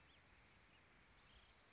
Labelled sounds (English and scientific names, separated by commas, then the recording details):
Bewick's Wren (Thryomanes bewickii)
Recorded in Sonoma County, California